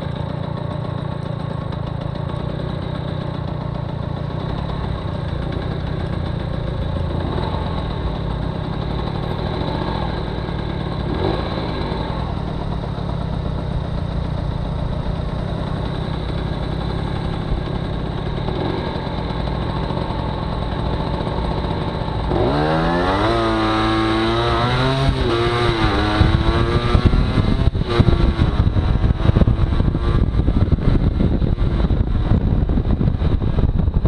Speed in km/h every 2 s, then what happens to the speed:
0, 0, 0, 0, 0, 0, 0, 0, 0, 0, 5, 21, 32, 39, 44, 47, 44.
0-19 standing. 19-31 pulls away to 47.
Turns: none.